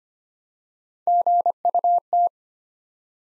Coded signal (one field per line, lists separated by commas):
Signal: Morse code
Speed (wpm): 25 wpm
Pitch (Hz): 700 Hz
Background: none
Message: GUT